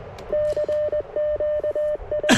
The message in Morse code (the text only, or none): CQI